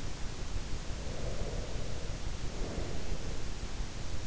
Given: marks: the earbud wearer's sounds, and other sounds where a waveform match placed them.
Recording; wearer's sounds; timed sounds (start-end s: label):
sounds in sleep by an in-ear microphone; breath
1.03-3.51 s: breath